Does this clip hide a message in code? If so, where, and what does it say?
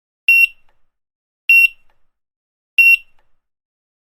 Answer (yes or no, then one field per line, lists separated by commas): no